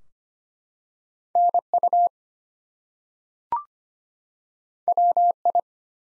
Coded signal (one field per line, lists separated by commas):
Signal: Morse code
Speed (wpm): 25 wpm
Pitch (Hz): 700 Hz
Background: none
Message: NU WI